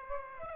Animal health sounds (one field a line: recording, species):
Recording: mosquito wingbeat signal from an infrared sensor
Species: Aedes aegypti